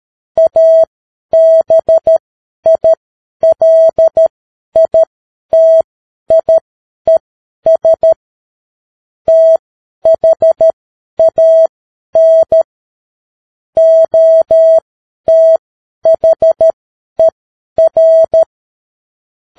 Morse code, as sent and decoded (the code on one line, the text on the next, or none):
.- -... .. .-.. .. - .. . ... / - .... .- -. / --- - .... . .-.
ABILITIES THAN OTHER